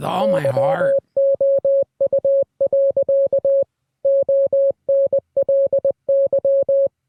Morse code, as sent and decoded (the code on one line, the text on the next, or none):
-.-- --- ..- .-.-.- / --- -. .-.. -.--
YOU. ONLY